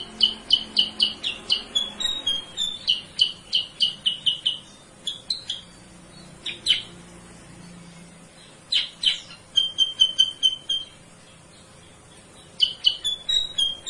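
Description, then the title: Sooty-headed bulbul in bursts of rapid, bright chirps, several quick runs separated by pauses of a second or more, with occasional lone sharp notes. Masteran (training recording for cage birds); a lure call (suara pancingan). "Masteran Kutilang Sutra. suara pancingan kutilang sutra"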